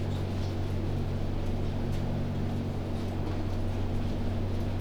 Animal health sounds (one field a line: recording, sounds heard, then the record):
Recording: poultry house recording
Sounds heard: no chicken sound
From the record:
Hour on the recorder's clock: 23